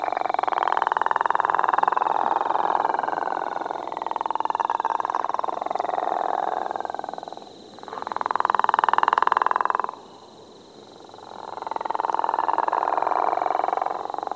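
Gopher frog giving long, rough snoring calls, several in a row separated by short gaps.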